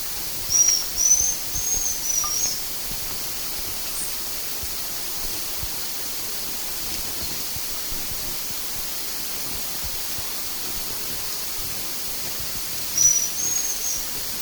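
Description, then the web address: Bronze-olive pygmy-tyrant calls: short, thin, high whistled phrases near the start and again near the end, over a steady background hiss. Recorded in Ecuador. "Natures Songs S America Birds of Ecuador Bronze-olive Pygmy-Tyrant"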